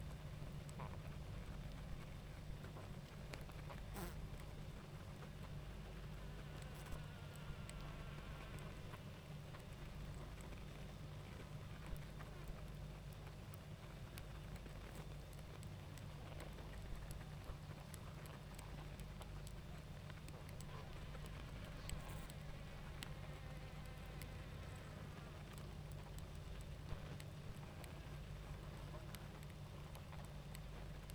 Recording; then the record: honeybee colony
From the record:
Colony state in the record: active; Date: 28 July 2017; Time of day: 20:42